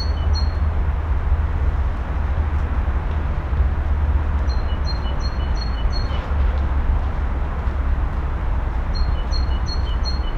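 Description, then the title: Birds chirp in quick high series at the start, middle and end, separated by pauses, over loud continuous low traffic noise. Recorded in the Kruidtuin (Botanique) garden, Koningsstraat 236, Sint-Joost-ten-Node, Brussels, Belgium; recordists hid themselves to listen to the birds. "Kruidtuin, Koningsstraat 236, 1210 Sint-Joost-ten-Node, België - Birds in Botanique"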